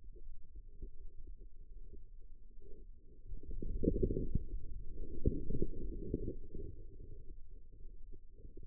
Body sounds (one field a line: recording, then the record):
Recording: forearm muscle sounds (acoustic myography)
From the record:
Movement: inward rotation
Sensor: system 2, bracelet of six BSWA MPA416 microphones around the upper forearm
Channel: 3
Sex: female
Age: 25 years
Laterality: right